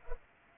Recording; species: mosquito wingbeat signal from an infrared sensor; Culex pipiens